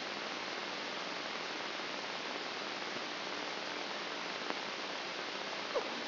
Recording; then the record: brain microelectrode recording played as sound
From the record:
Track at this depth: inside the subthalamic nucleus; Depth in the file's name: 2.235 mm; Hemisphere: left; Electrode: 3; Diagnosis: Parkinson's disease